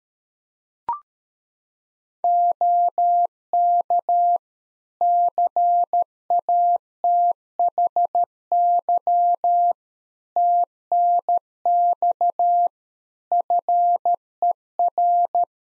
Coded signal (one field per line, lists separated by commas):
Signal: Morse code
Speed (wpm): 13 wpm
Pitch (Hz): 700 Hz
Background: none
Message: OK CATHY TNX FER